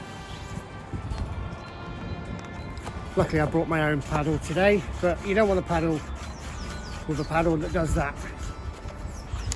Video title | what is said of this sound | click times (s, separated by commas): Review of Story Drop stitch inflatable kayak 1 man | just doesn't lock in so | none